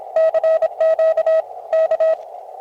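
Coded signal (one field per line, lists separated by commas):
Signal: Morse code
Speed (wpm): 27 wpm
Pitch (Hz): 640 Hz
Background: none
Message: CQ K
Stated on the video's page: Outdoor field CW at a ranch, QRP with an Elecraft KX2 and a Packtenna.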